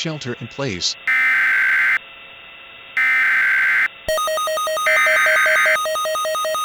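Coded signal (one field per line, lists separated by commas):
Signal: Emergency Alert System (SAME) tones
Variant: header bursts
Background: speech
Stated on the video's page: Fictional, simulated EAS scenario.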